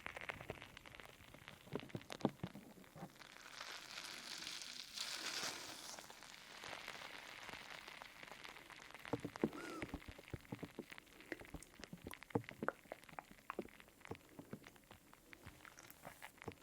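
Fizzy squishing sounds fill the clip, a steady crackle of tiny pops like rain patter, with a brighter hissing swell around four to six seconds. Sharp clicks and soft wet squishes break through irregularly throughout, most densely between nine and fifteen seconds.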